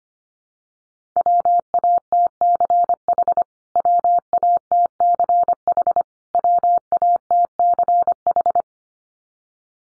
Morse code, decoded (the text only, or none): WATCH WATCH WATCH